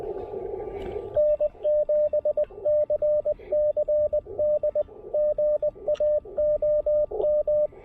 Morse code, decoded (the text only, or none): N7CCD GA OM